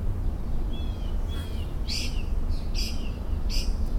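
Mockingbird singing varied phrases: clear slurred whistles followed by harsh, rasping notes repeated three times, with constant low rumbling noise underneath.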